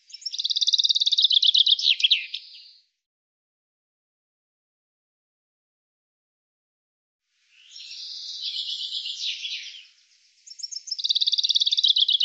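Bird calls in high, rapid trills: one burst, a long silence, then a rough buzzy phrase followed straight away by another quick trill.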